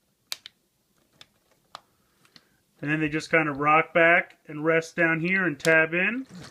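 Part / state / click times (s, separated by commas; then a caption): two plastic front sections of a transforming robot toy clipping to each other / seated / 0.3 s. Two plastic front sections of a Transformers 4 Leader class Optimus Prime transforming robot toy are pressed together and clip in with a sharp click at 0.3 s, seating them together. Several fainter plastic clicks and taps follow over the next two seconds, then someone talks from about 2.8 s.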